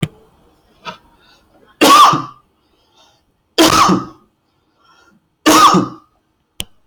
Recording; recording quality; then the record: heavy voluntary cough; excellent, no background noise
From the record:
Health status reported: healthy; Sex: male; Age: 39 years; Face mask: not worn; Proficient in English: yes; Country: India